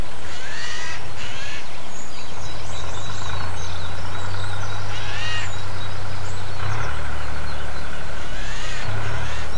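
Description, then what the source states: Eurasian jay giving several grating, noisy screeches at irregular intervals over the hum of a tractor engine. Eurasian jay calling alongside a tractor, 10 April 2007, recorded on a MiniDisc recorder.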